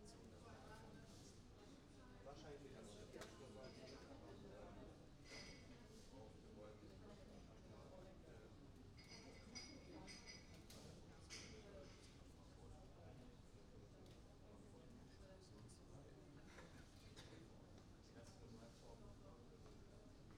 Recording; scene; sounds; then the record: everyday scene through a hearing-aid microphone; many people talking; many voices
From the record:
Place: university cafeteria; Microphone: in the ear canal, right